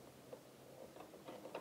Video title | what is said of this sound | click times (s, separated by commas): Silhouette Cameo 3 Scan and Cut Soft Stretch designs | Cool, I heard it snap. | 1.6 s